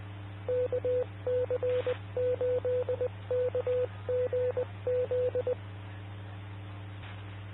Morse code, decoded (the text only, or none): KC8KGZ